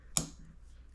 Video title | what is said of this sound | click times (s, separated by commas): Mazda CX-50 - Rear Wiper - Change or Clean | and until you hear it click | 0.2 s